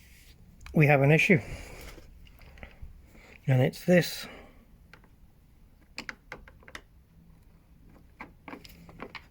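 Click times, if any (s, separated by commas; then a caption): none. Someone talks while pushing the headlight washer tube, or squirter assembly, into its mounting on a BMW E46 330 Ci Clubsport. Short sharp knocks follow around 6.0 to 6.8 s and again near 9.0 and 9.4 s. The assembly has not clicked in or latched yet, because the tube is not far enough forward.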